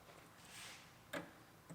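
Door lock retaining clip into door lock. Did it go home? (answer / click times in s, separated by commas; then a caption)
yes / 1.1 s. A metal retaining clip on a Mustang GT door lock is driven in with a clip hammer after it didn't go all the way in at first. After a quiet stretch with faint background hiss, it snaps home with a sharp click at 1.1 s. The clip is seated.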